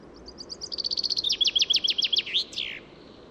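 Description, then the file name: Common chaffinch song, soft high introductory notes accelerating into a loud descending trill, closing with a short rising and buzzy flourish. "Fringilla coelebs"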